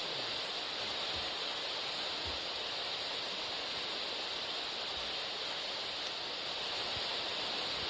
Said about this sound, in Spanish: Sigue el ruido blanco.